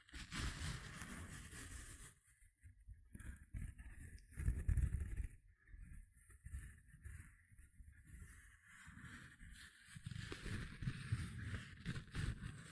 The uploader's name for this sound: Tingly Gentle Scratching Sounds